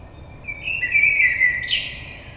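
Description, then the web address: Common blackbird gives a mellow whistled phrase that breaks into a sharp, high squeaky flourish at its close. Recorded on 22 May 2022. "oiseaux Merle 2022 05 22"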